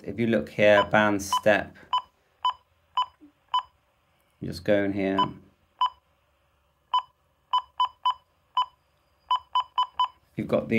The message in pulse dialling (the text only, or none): none